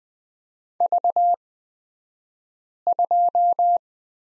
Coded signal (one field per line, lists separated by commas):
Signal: Morse code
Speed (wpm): 20 wpm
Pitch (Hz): 700 Hz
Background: none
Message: V2